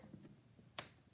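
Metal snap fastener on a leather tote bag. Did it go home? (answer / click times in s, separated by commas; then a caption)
yes / 0.8 s. A metal snap fastener on a leather tote bag is pressed closed. After a quiet stretch with faint low rustling, a single sharp, bright snap is heard at 0.8 s, and the fastener is seated shut.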